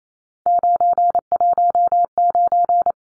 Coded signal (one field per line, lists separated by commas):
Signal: Morse code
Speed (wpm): 28 wpm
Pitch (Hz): 700 Hz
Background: none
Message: 919